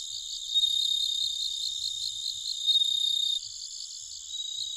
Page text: suzumusi 20111001-2148. Homoeogryllus japonicus [Sounds -Nikko Today-]